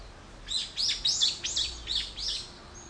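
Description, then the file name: Bird chirps: six high, arched notes in a series. "wild bird"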